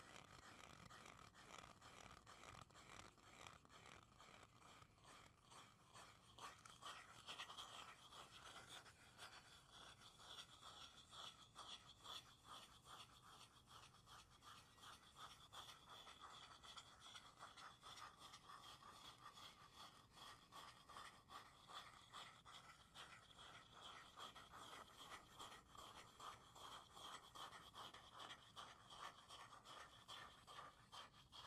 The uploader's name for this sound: ASMR tapping and scratching (no talking) wood cork cardboard